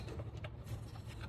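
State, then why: Seated. A wiring harness connector is pushed onto a replacement ignition coil for cylinder 2 in a tight engine bay of a Toyota Tacoma with the 2.7L 3RZ engine. A short click is heard at 0.4 s over a steady low rumble, and the connector latches and seats.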